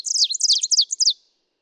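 Ovenbird song: a rapid run of high, sharply down-slurred two-part phrases, several in a bit over one second, loud throughout and then stopping.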